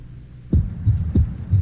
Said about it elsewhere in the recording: Loud second heart sound, left sternal border area. There's your normal heart.